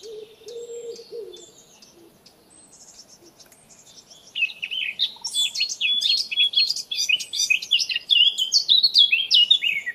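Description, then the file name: Eurasian blackcap song: a soft, scratchy warble with a brief low hum at the start, then after about four seconds a loud, fast run of varied whistled and chattering notes to the end. "Sylvia atricapilla"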